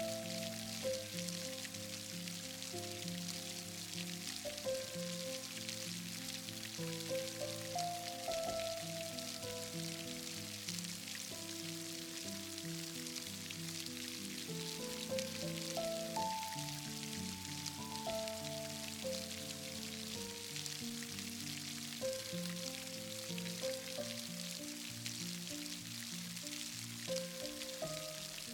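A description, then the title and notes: Steady rain hisses across the whole clip, a dense, even patter high and bright that never lets up. Underneath, a soft, slow melody of sustained low and middle notes shifts every second or two, gentle, with no sudden events. Combining soft melodies and the natural sound of rain.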